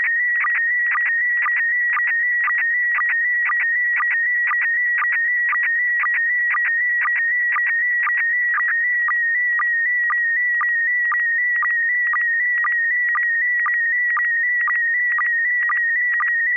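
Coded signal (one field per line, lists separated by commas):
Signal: SSTV (slow-scan television)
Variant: PD 120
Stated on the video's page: Morse heard during an SSTV net on an FM repeater at 441.300 MHz in Sacramento.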